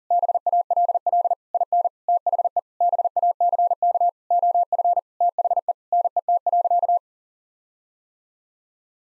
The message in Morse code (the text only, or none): BALL IN THE BACK OF THE NET.